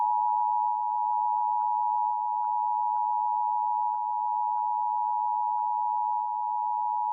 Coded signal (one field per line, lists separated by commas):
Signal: Emergency Alert System (SAME) tones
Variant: 853 and 960 Hz attention tone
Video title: Connecticut's Monthly Test on WHPX New London, Connecticut (5/14/2024) (EAS #117)